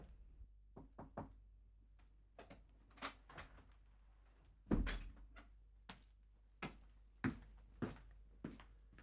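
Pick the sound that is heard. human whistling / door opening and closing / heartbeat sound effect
door opening and closing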